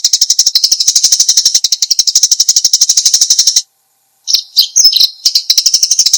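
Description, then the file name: Eurasian tree sparrow calls, a fast even train of high chirps that stops briefly, then resumes after some scattered notes. "suara burung gereja"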